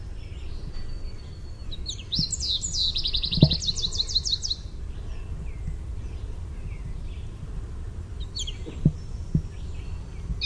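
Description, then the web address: American goldfinch contact song, a brief burst of high, rapid twittering notes early on, with a few faint chirps later over steady low rumbling noise and occasional soft thumps. Contact song of the "sweeet" type. "naturesounds AMGO-contact-song-sweeet"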